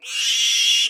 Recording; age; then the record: pig call; piglet (1 to 25 days)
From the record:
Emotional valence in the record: negative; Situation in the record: restrain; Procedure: in the arms of a person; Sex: male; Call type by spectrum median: high-frequency call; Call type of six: high-frequency modulated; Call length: 0.91 s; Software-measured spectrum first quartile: 3086 Hz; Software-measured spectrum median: 3702 Hz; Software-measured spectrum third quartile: 5748 Hz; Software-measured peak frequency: 2838 Hz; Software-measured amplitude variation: 76 dB a second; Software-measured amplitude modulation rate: 26.0 a second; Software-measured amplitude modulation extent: 2.9 dB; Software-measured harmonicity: 5.1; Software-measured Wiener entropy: -3.04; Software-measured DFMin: 1284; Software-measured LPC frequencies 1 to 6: 2215, 2839, 3347, 4357, 5767, 7798 Hz